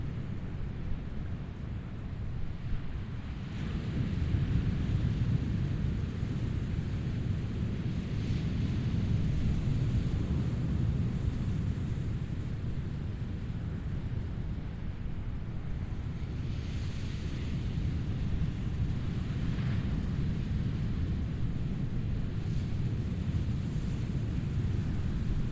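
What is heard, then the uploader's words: A steady, heavy low rumble of surf at a beach fills the whole recording, dense. Brighter hissing washes rise over it every few seconds, around 4, 8, 16, 20 and 23 seconds, like waves breaking and spreading. These relaxing sounds are coming to you from Rogers Beach. 9:00 am.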